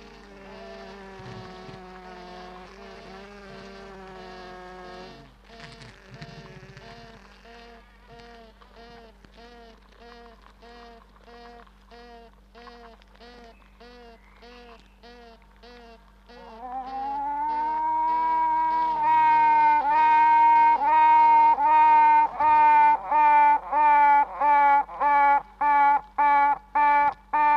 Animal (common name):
Honey Bee